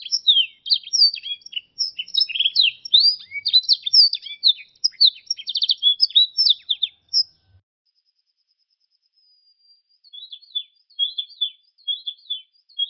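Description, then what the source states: Canary song, a long fast run of twittering, warbled notes for about seven seconds, then a pause and scattered chirps resuming. A combination of Yorkshire and Russian canary songs.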